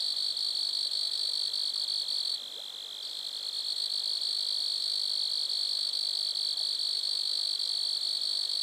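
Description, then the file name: Grasshopper: high insect buzzing from grasshoppers, steady and faintly throbbing, briefly softening for under a second before resuming at full strength. Lac-à-François, Montcerf-Lytton, Quebec, Canada. "criquets-grasshoppers- -lac-acc 80-franccca 7 ois-montcerf-lytton-quecc 81 bec-canada"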